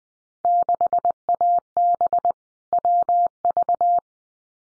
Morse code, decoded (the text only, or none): 6AB WV